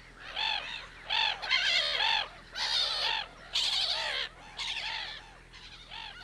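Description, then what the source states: Black-headed Gull colony: harsh, squawking screeches in repeated loud bursts, forming a clamour. Colony raises a huge din when an uninvited guest such as a crow, goshawk, mink or raccoon dog appears, giving protection to other birds nesting alongside.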